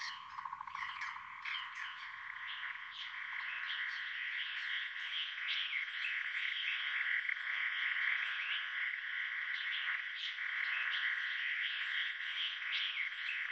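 Frogs calling in a thick, continuous chorus, with quick clicking and chirping notes scattered over the steady rasping background.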